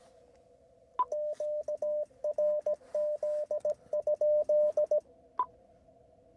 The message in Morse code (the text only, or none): QRZ?